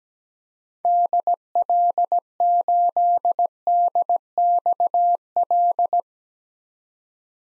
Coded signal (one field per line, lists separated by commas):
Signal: Morse code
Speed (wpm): 17 wpm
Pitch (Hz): 700 Hz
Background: none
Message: DL8DXL